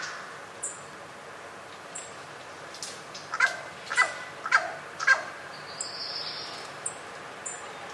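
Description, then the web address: Bird giving four short, clipped caws in a quick series midway, with soft high chirps and whistles from other birds. "cianscape. Deverinetal 2025. Bird Only"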